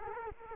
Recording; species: mosquito wingbeat signal from an infrared sensor; Culex quinquefasciatus